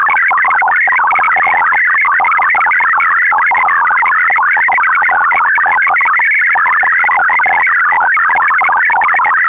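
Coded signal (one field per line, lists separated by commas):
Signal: multi-tone FSK (Olivia or MFSK type)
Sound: rapid burbling sequence of short musical tones hopping within a narrow band, continuous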